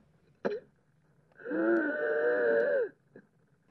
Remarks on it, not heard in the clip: When you assess lung sounds on this mannequin, what you're hearing is what you get. So if I take a stethoscope and listen to this mannequin's lung sounds, I will hear whatever is absolutely unique to this particular scenario. So if it's wheezing, I'll hear wheezing.